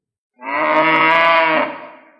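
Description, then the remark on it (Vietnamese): A golden buffalo lets out one long, deep bellow from far away, rich and droning, holding steady for over a second before tapering off. No voices accompany it. “Nơi phương xa truyền tới tiếng gầm của trâu vàng, sinh vật tiên kim kia đang loanh quanh ở phụ cận và giờ đã quay trở lại rồi.”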